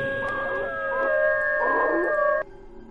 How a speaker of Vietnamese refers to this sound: Nói đoạn, bầy chó chu lên từng hồi. Bọn chó xung quanh cũng gật đầu ma quái.